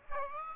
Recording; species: mosquito wingbeat signal from an infrared sensor; Aedes aegypti